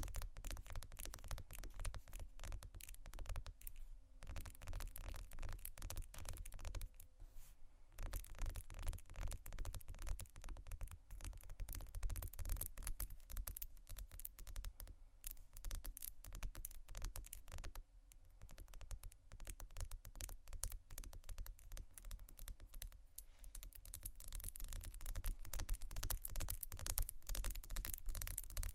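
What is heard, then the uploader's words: Dense, rapid tapping and scratching runs without pause, with sharp clicks scattered thickly across the whole half minute and a few brief quieter gaps near 4, 8 and 18 seconds. A steady low rumble and faint hum sit underneath throughout. Tapping, water, scratching, glass, bamboo.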